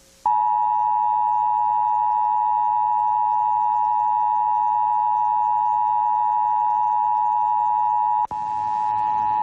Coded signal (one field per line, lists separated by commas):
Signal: Emergency Alert System (SAME) tones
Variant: 853 and 960 Hz attention tone